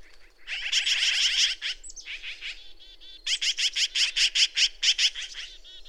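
Bird song: a dense, scratchy phrase of rapid notes, some softer twittering, then a loud, evenly spaced series of buzzy notes.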